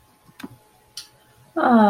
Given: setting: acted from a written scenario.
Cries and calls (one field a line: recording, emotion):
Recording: vocal sound without words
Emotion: disappointment